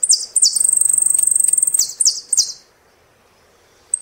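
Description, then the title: Saffron finch song: swept high chirps lead into a fast, even trill lasting over a second, then more sweeping notes before silence. "Jilguero Argentino"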